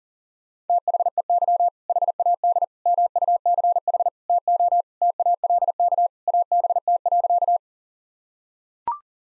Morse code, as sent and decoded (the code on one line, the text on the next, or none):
- .... . -.-- / .... .- -.. / -- ..- -.-. .... / - --- / - .- .-.. -.- / .- -... - .-.-.-
THEY HAD MUCH TO TALK ABT.